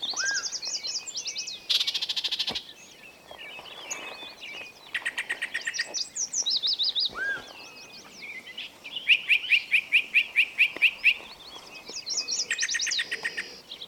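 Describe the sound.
Bird song: rapid trills, buzzy rattles and a clear run of evenly spaced chirps, with scattered falling whistles between phrases.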